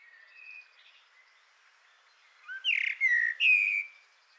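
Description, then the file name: Eurasian blackbird: faint soft whistles first, then a loud phrase of three mellow fluty notes, the last long and level. "Turdus merula"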